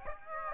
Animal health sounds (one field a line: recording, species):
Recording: mosquito wingbeat signal from an infrared sensor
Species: Aedes aegypti